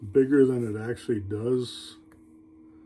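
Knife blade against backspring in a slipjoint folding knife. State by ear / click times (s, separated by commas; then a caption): seated / 2.1 s. During final assembly of a repaired Schrade 194OT slipjoint folding pocket knife, the steel blade is worked against the backspring. Someone talks, then after a quiet stretch a single sharp click at 2.1 s marks the blade snapping into place. The blade is seated, with a positive click.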